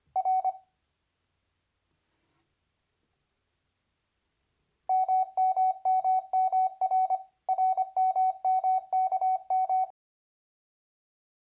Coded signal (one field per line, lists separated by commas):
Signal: Morse code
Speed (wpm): 24 wpm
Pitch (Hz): 750 Hz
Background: none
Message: R MMMMR RMMKM